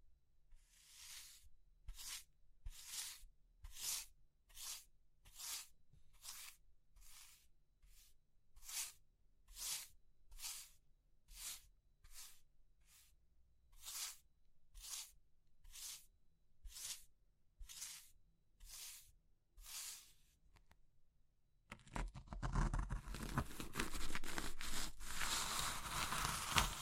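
Crushing of soft, crumbly material like soap or chalk: evenly spaced, bright hissing crunches about once a second for the first twenty seconds, over a faint low hum. Around 22 seconds it turns into a louder, dense, continuous crackling crumble until the end.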